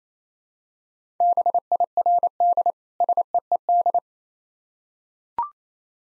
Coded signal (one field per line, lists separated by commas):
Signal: Morse code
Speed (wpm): 27 wpm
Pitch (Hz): 700 Hz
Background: none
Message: BIRD SEED